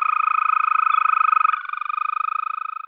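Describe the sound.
European green toad giving a long, even, musical trill of rapid pulses at one steady pitch, dipping slightly in loudness midway as the trill continues without a break.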